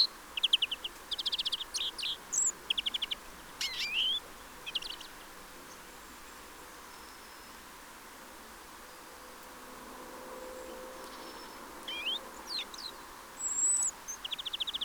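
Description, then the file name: European greenfinch calls: clusters of quick trilled notes and a few thin rising whistles, coming in bursts at the start and end with a quiet gap between. "Chloris chloris"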